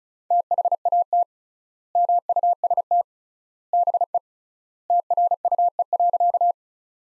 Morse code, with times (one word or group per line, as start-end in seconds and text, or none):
0.3-1.2 THAT
2.0-3.0 MUST
3.7-4.2 BE
4.9-6.5 TRUE.